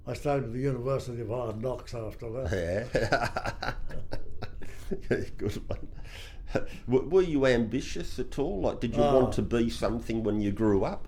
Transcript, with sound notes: I stayed with the university of hard knocks after that.
Yes [laughs] good one. Were you ambitious at all? Did you want to be something when you grew up?